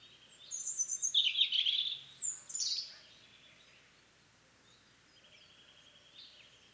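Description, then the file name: European robin with a quick tumble of high, squeaky warbled notes, shorter phrases after, then quiet with a faint thin trill. "Erithacus rubecula"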